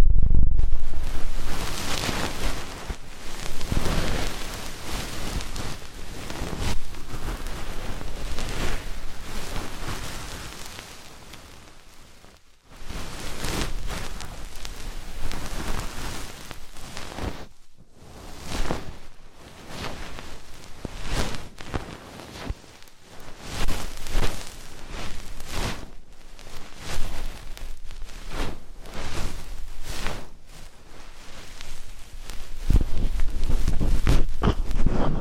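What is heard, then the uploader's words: Deep ear cleaning sounds: dense, continuous scratching and rustling that fills the full range from low rumble to bright hiss. The scraping comes in irregular strokes and bursts, with brief near-silent breaks around 12, 17 and 30 seconds. ASMR INTENSE Deep Ear Cleaning (No Talking).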